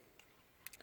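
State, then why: Not seated. The combination turn signal and wiper switch of a 2011-2017 Nissan Quest is handled as it is brought onto the steering column, where its plastic retainers lock on both sides. A faint tick at about 0.2 s is followed by brief, sharp, bright handling ticks at 0.7 s and 0.7 s, and a softer one near 0.8 s. Nothing has seated or clicked yet.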